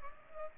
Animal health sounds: mosquito wingbeat signal from an infrared sensor; Culex pipiens

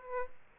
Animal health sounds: mosquito wingbeat signal from an infrared sensor; Aedes albopictus

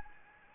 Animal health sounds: mosquito wingbeat signal from an infrared sensor; Anopheles gambiae

